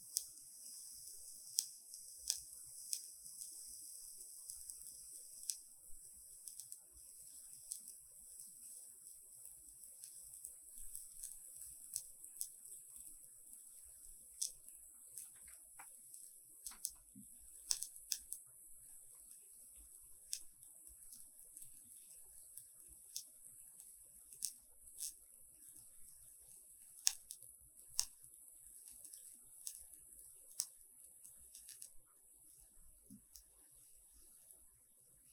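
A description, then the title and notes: An ear spa session with a steady, bright hiss running throughout. Small soft clicks and crackly ticks pop up irregularly, every second or so, with a few sharper snaps around the middle and later on. Underneath it stays quiet, with faint low rustling. 耳燭 | Relaxing Ear Spa | NoTalking.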